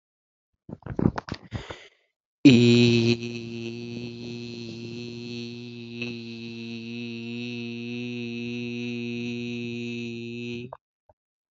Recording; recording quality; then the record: sustained vowel as in beet; excellent, no background noise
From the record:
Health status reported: healthy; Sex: male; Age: 18 years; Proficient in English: yes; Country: India